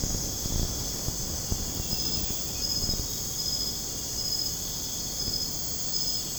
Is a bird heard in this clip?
no